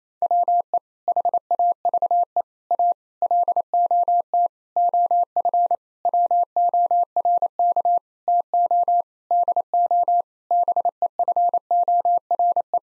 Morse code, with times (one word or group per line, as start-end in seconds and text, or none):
0.2-0.8 WE
1.1-2.4 HAVE
2.7-2.9 A
3.2-4.5 LOT
4.8-5.8 OF
6.1-8.0 WORK
8.3-9.0 TO
9.3-10.2 DO
10.5-12.8 BEFORE